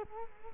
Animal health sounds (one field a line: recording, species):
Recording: mosquito wingbeat signal from an infrared sensor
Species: Culex quinquefasciatus